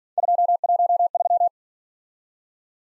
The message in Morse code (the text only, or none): 213